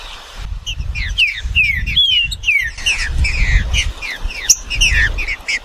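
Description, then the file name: Green-winged saltator song of quick whistled, slurred notes, many falling, in a busy stream, with a low rumbling noise underneath. "canto do trinca ferro"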